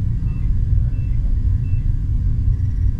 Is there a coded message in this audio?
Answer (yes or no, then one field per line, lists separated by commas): no